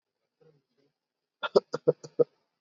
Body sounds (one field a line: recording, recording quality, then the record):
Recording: shallow voluntary cough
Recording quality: excellent, no background noise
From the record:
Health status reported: COVID-19 positive, mild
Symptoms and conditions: none ticked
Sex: male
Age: 30 years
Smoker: not ticked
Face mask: not worn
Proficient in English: yes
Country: India